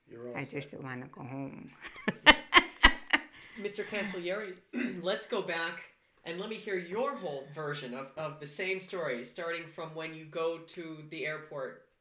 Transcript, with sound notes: I just want to go home." ( she laughs )
Mr. Cancellieri, let's go back, and let me hear your whole version of the same story starting when you go to the airport